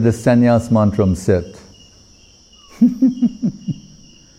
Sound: laughing